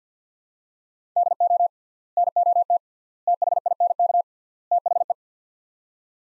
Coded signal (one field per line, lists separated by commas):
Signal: Morse code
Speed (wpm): 50 wpm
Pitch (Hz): 700 Hz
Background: none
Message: DO NOT THINK THE